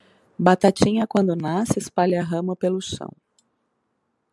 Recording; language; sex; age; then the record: short text; Brazilian Portuguese; female; 50 to 59 years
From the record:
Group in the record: control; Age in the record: 56 years